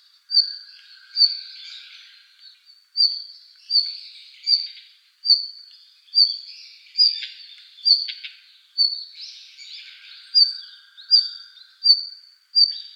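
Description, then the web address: Red-flanked bluetail calling: thin, high whistled notes repeated roughly every second, mixed with soft scratchy notes and a faint lower, steady tone at times. 17 November 2014. "birdenaga ruribitaki 141117"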